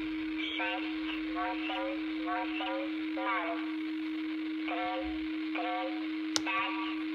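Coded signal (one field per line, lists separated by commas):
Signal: numbers station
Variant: S06s Russian Lady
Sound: a female voice reading short evenly spaced words over a steady low hum and static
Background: radio static, steady hum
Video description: Der Zahlensender S06s, Russian Lady ist auf allen drei Empfängern gut hörbar.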